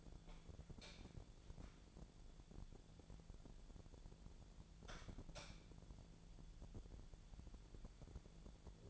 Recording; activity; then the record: daily activity, microphone in the room; light on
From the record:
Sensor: 5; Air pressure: 1000.1 hPa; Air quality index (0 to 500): 99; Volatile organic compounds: 1 ppm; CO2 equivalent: 804 ppm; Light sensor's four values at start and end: 261/620/266/296 and 259/617/264/294